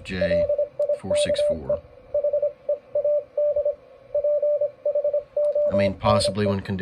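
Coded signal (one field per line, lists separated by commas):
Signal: Morse code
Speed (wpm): 25 wpm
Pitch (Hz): 590 Hz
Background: speech, radio noise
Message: LIKE HEADPHONE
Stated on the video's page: Average CW signal on 40 metres at a bad time, with poor conditions.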